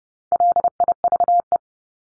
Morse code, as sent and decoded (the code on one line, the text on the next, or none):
.-.. .. ...- .
LIVE